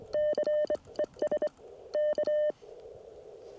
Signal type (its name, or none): Morse code